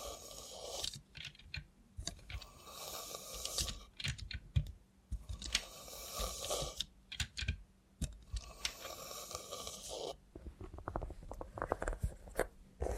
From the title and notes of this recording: Try ASMR with a Robot Hand (No Talking).